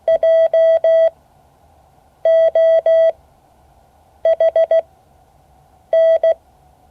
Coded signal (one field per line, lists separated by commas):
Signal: Morse code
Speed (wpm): 16 wpm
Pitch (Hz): 650 Hz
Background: none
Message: JOHN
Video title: Morse code class 2024-08-08 (9 of 12)